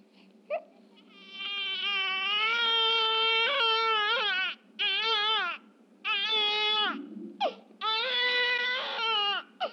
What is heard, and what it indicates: Baby Crying with Female Voice in Background.